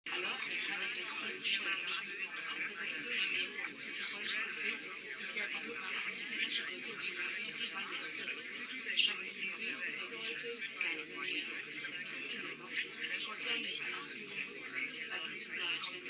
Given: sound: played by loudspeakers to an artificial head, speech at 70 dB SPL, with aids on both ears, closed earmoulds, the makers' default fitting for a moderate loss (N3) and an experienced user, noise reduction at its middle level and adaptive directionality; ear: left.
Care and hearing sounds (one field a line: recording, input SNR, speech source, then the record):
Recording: speech test signal (ISTS) in cocktail-party noise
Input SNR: -6 dB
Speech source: on the right (90 degrees)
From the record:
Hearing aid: class 2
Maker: H